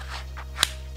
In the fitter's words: yeah they have their own that it comes with and then it just kind of clicks right in just